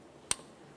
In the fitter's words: you hear that click, give it a little tug to make sure it's completely secured.